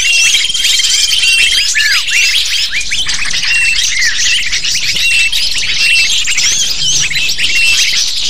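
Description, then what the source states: Lovebird chatter, dense and shrill, with quick squawks and chirps throughout and a thin level whistle at the opening seconds. Lure call to attract lovebirds.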